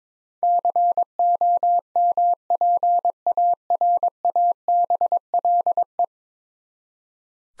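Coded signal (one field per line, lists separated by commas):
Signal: Morse code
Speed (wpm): 22 wpm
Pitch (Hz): 700 Hz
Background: none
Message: COMPARABLE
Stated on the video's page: Ten-letter word head-copy practice at 22 wpm; each word sent, spoken, then sent again.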